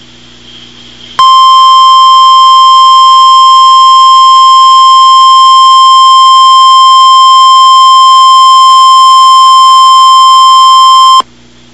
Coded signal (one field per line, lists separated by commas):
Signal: Emergency Alert System (SAME) tones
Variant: 1050 Hz attention tone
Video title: Real NOAA Weather Radio EAS Alerts #114 and #115